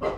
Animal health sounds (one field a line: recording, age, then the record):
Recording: pig call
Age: growing-finishing pig (85 days or more)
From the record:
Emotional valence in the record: positive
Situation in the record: run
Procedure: transit